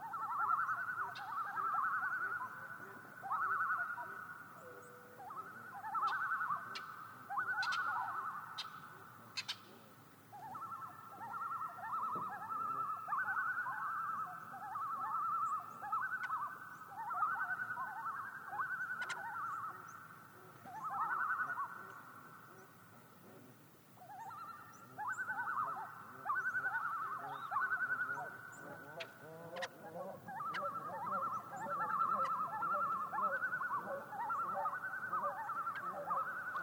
Common loons make a series of tremelo calls on Yellowstone Lake.